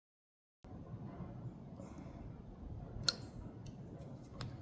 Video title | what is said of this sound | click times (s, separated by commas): Thumb throttle replacement for chain drive Jolly Dolly | You should hear a distinct clicking noise for each one. | 3.1 s, 3.7 s, 4.4 s